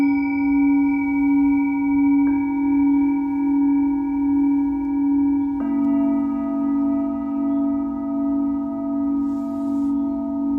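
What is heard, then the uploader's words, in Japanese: Singing bowls ring in a sustained, layered drone with a low hum and bright overtones. New strikes enter around 2 and 5.5 seconds, refreshing the tone. The sound swells and fades in a slow, regular pulse, with a faint soft hiss near the end. メキシコから シンギングボウルのサウンドヒーリング。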